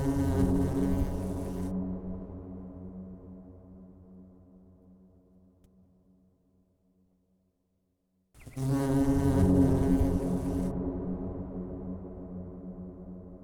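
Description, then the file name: Bees giving a steady low buzz that fades away to near silence, then returns abruptly loud at about eight seconds and tapers off again. "bees buzzing"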